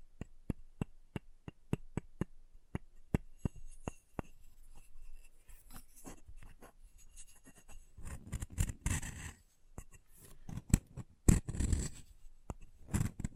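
Chalk being carved and cut, opening with a run of sharp, evenly spaced ticks for about four seconds. The taps then thin out, and from around eight seconds come denser, rougher scraping strokes mixed with crisp clicks, louder and more irregular toward the end.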